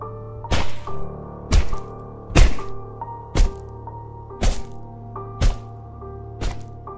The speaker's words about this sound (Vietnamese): Gã băm thêm vài nhát nữa túi bụi.